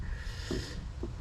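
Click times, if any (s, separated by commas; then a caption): none. During a 12V battery replacement on a 2013-2018 Toyota Avalon, a plastic battery cover or hold-down piece is fitted by hand into the car's 12V battery area. Over steady low rumbling noise, soft handling knocks come at about 0.5 s and 1.0 s. Nothing has seated or clicked into place yet.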